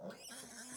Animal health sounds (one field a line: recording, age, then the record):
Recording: pig call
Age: piglet (1 to 25 days)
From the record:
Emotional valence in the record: negative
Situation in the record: long isolation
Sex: male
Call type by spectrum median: high-frequency call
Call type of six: high-frequency stable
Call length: 0.77 s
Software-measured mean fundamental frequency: 276 Hz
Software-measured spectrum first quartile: 717 Hz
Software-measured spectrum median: 3404 Hz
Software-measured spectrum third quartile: 7806 Hz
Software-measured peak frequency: 209 Hz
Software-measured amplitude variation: 95 dB a second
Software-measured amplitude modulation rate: 18.2 a second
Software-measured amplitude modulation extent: 5.2 dB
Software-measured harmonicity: 2.6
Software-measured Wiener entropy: -2.28